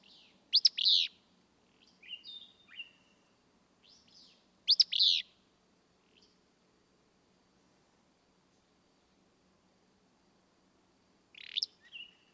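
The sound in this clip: Willow flycatcher giving its sneezy burry song phrase twice about four seconds apart, with soft notes between, then a quiet pause before another phrase.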